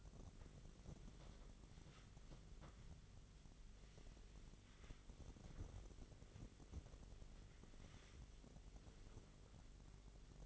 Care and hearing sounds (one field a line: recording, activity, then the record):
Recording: daily activity, microphone in the room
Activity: wipe stove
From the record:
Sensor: 4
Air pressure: 1004.0 hPa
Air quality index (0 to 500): 157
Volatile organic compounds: 2 ppm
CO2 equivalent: 1120 ppm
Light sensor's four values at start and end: 12/28/12/12 and 12/28/12/12